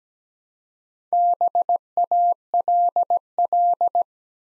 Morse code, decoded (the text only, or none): BALL